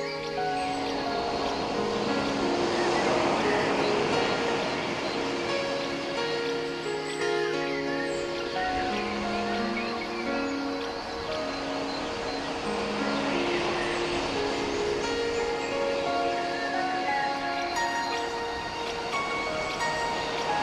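Many bells ring and overlap in a dense, steady peal of mid and low tones over a constant wash of waves. Faint bird chirps flicker high above now and then, and the overall level barely changes across the stretch.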